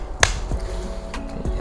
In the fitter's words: once you hear the click sound, then you're good to go.